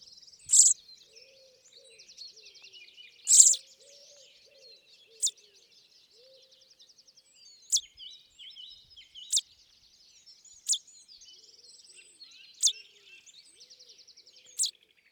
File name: Fringilla coelebs